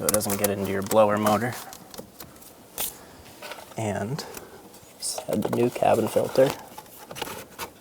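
Someone talks while handling a new cabin air filter and its plastic housing door at the HVAC box behind the glove box of a 2012-2016 Subaru Impreza, with a few brief, faint handling knocks between the speech. The clip ends before the part goes home, so the cabin filter door has not clicked in or seated yet.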